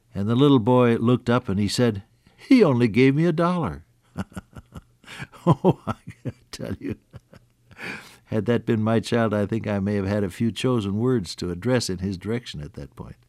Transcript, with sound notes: And the little boy looked up and he said, “He only gave me a dollar.” [chuckle] Oh, I gotta tell you, had that been my child, I think I may have had a few chosen words to address in his direction at that point.